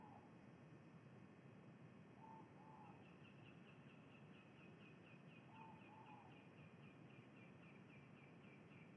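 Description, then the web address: Ivory-breasted pitta double whistles, two complete and one cut off at the start, while another bird gives a fast, even series of higher chipping notes through the latter half. Indonesia. "ULM-DS-Lab indonesian-bird-sounds Pitta maxima"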